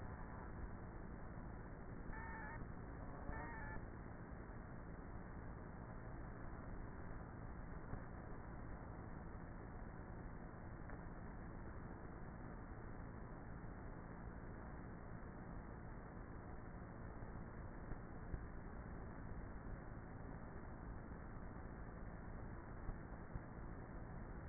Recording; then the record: honeybee colony, microphone inside the hive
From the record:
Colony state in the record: queenless with a low population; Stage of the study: before two queens were removed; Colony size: about 30,000 bees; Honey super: no